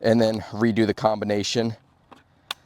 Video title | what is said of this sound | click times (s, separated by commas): The Expert's Verdict on the StopBox Quick-Access Gun Safe | like so, and then it's back locked into place and can close up. | 2.5 s